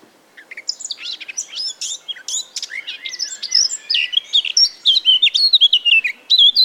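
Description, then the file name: Eurasian blackcap song: a scratchy chattering start that builds into loud, clear whistled phrases rising and falling near the end. "Sylvia atricapilla"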